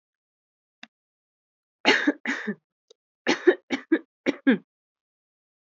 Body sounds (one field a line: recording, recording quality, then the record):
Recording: heavy voluntary cough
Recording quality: excellent, no background noise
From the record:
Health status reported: healthy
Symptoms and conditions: none ticked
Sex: female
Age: 25 years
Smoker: not ticked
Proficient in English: yes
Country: India